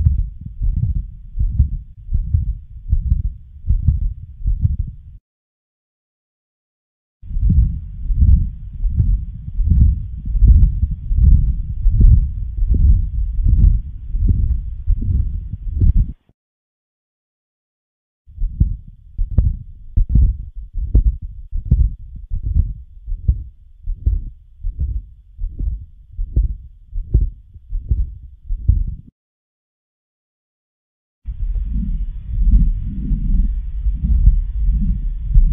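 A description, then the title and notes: Heartbeats through a stethoscope, low steady thumping in four stretches separated by brief silences, the last segment rougher with a faint hiss. Cardiac Auscultation.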